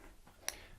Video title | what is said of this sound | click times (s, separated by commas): CSD-DUO/Solo Desk Assembly Stage 6 of 6: Connect audio hutch to desktop | press in the center you should feel that lock into place so you just squeeze all those on where they need to go and | 0.5 s